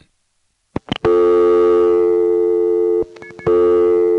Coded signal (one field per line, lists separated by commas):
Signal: telephone call progress tone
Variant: North America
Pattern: dial tone